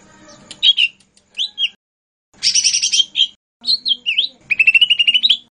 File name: cucak hijau mini. omkicau